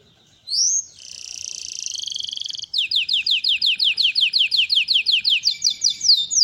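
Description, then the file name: Belgian canary song opening with a rising whistle, then a long buzzy roll, then a steady string of quick descending notes. Copper-coloured Belgian canary. "canto do canario belga cobre"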